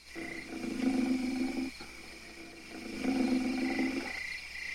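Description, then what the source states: Ape screaming, two long, harsh, harmonic screams separated by a pause. Long, angry screaming and growling.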